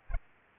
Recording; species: mosquito wingbeat signal from an infrared sensor; Culex pipiens